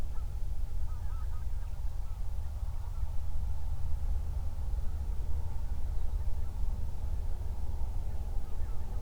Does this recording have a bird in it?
yes